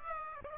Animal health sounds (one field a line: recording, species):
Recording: mosquito wingbeat signal from an infrared sensor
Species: Aedes aegypti